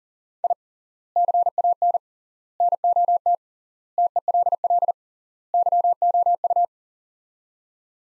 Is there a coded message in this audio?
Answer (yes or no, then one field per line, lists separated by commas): yes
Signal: Morse code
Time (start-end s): 0.4-6.6 s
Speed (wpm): 40 wpm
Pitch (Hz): 700 Hz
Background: none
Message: I CAN NOT TELL YOU